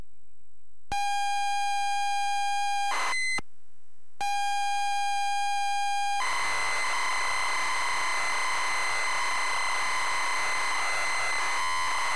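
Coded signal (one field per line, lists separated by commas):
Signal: ZX Spectrum tape loading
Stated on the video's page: ZX Spectrum tape loading on a +3 from a WH Smith CPD8300 cassette player.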